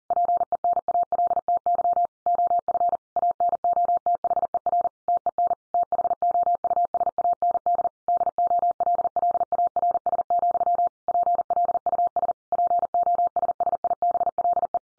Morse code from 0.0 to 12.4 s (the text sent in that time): PENALTY OF ANOTHER TEN THOUSAND DOLLARS, PLUS